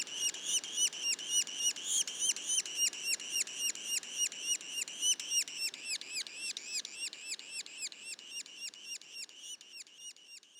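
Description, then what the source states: Yellow-bellied sapsucker juvenile calls: rapid, repeated high notes, each arching up then down, roughly three or four per second, with a few brighter notes overlapping early on. Juveniles, Mont-Orford National Park, Quebec.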